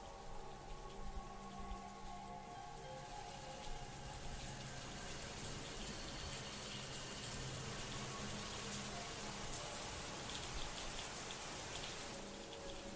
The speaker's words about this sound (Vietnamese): Ngôi nhà chìm vào trong tăm tối, chỉ còn lại tiếng mưa rơi ở bên ngoài.